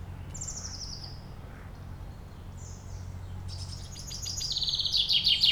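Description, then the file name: Common chaffinch song: a high thin descending note, faint chirps, then a loud fast trilled phrase of repeated notes rising in volume, over steady low hum. "Fringilla coelebs"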